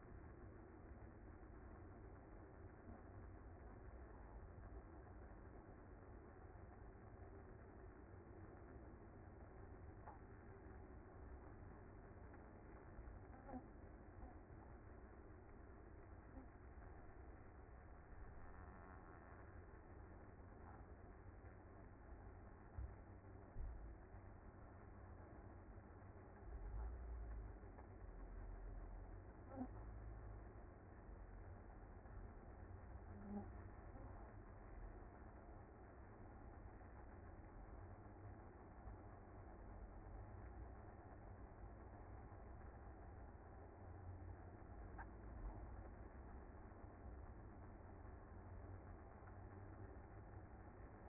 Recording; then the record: honeybee colony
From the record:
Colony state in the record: active